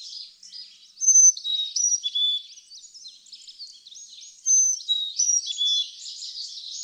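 Carolina chickadee giving clear high and lower whistles, partly buried in continuous busy high-pitched chattering from other birds.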